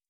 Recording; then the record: hydrophone in a shrimp aquaculture tank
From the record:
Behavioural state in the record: starved